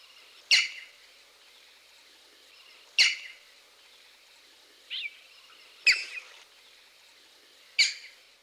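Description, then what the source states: Green Heron calls: five sharp, loud skiao notes at irregular intervals, one of them softer and shorter. Green-backed heron; typical call a loud skiao, commonly given in flight.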